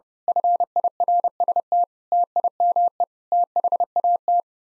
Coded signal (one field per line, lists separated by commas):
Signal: Morse code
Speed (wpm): 32 wpm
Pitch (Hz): 700 Hz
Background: none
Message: FIRST TIME THAT